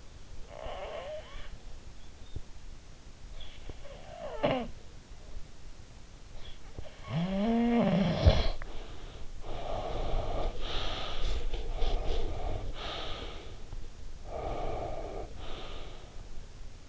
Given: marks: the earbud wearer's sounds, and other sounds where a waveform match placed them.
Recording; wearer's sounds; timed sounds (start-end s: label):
sounds in sleep by an in-ear microphone; snoring breath, breath
0.00-2.10 s: snoring breath
3.50-5.03 s: snoring breath
6.42-9.45 s: snoring breath
9.45-13.70 s: breath
14.09-16.60 s: breath